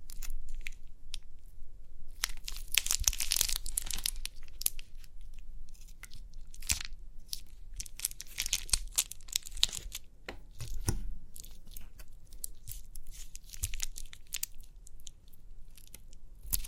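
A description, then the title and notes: Crinkly pimple popping: dense, irregular bursts of bright crackling and crunching, heaviest around 2–4 seconds and again from 7–10 seconds. Sharp snaps punctuate the texture, at about 3, 6.7 and 11 seconds, over a soft, low rumble. Crinkly Pimple Popping.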